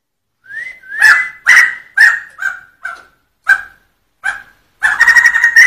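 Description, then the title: Sumatran laughingthrush song: a rising whistle, then a series of harsh, loud, barking notes about twice a second, ending in a dense rapid roll. Rolling song style called 'ngerol'. "Suara Ngerol Poksai Jambul Sumatra Istimewa"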